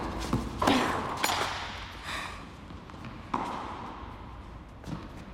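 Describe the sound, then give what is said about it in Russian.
A tennis ball is struck into the net, heard as a handful of sharp, dull knocks and thuds at irregular intervals over a soft, hissy background, with no one speaking. “Мяч летит в сетку и не может ее перелететь.”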